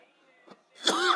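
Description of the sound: A quiet lead-in with a faint breath or throat sound is followed by one loud, harsh, noisy cough burst from an adult man, lasting about a third of a second at the end. It is a single, brief, ordinary-sounding cough in the middle of conversational speech.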